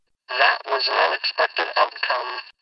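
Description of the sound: Thin, buzzy, channel-like speech with no deep tones, simulating how a short sentence sounds through a cochlear implant, which converts sound waves into digital information that the brain is then able to interpret.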